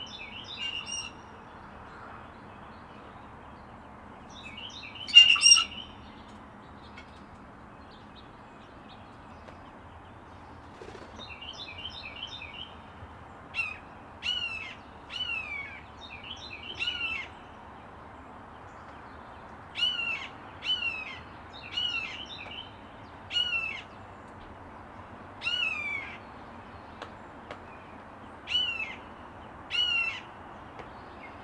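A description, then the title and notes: A blue jay repeats sharp, descending hawk-like screams every second or two, with a loud burst near five seconds over faint, steady background hum. This recording includes imitations of a Red-Shouldered Hawk by a Blue Jay in west Dyke Marsh. With Fostex FR-2, and Sennheiser ME 66. Edited in Audacity, including HPF 250, normalized to -3db, and fade in/out.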